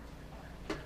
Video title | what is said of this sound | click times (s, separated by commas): Spirit Halloween - Nozzles The Clown (Unboxing & Setup) | through so that it locks into place there um if | 0.7 s